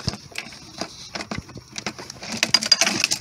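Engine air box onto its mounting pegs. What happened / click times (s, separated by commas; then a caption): The plastic housing was pressed down onto its rubber-mounted pegs / 2.5 s, 2.7 s. A plastic air box is pressed down onto its two rubber-grommeted mounting pegs in the engine bay of a 2011-2016 Mini Countryman during an automatic transmission fluid change. Soft handling rustles build into a cluster of loud, sharp thumps, with the box seating onto the pegs at about 2.6 and 2.7 seconds.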